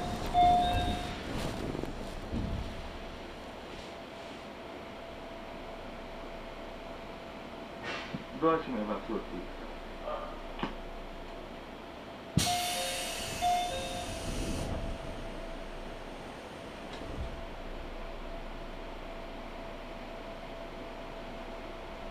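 A train platform on the Tokaido Line, waiting for a train and boarding. A steady tone hums under a constant low rumble, with short bursts of clatter and voices around 8 and 10 seconds. Near 12 seconds a bright hiss bursts in for a few seconds, like doors or brakes releasing air.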